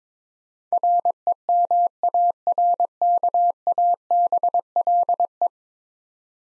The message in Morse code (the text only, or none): REMARKABLE